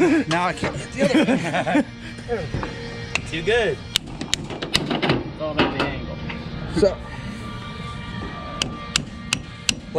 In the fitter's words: people will just try to hit it like this okay so you're not seated you have that gap